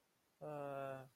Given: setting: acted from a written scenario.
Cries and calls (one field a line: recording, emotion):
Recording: vocal sound without words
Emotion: sadness